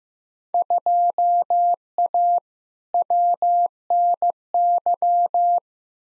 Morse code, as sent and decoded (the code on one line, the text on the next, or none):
..--- .- / .-- -. -.--
2A WNY